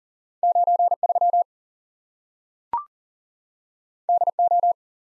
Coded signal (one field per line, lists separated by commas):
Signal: Morse code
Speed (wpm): 40 wpm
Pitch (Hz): 700 Hz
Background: none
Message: 9 3 D O